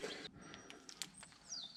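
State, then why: Seated. A male and a female solar cable connector are pushed together until they latch, with a clear click at 1.0 s that seats the pair. Fainter ticks come just before it, and a burst of broadband noise opens the clip.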